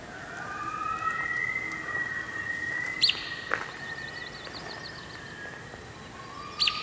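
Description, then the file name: Loon wail: long, steady whistled notes held for several seconds, one rising at the end. Brief high chirps and a trill sound over a soft background hiss. "Little Symphony - Loon"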